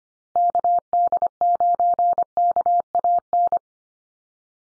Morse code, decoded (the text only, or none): KD9KAN